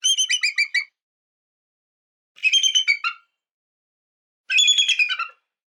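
Bald eagle calling: three bursts of rapid, high, squeaky chittering notes, each lasting under a second, spaced roughly two seconds apart, with silence between.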